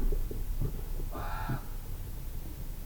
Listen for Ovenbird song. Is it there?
no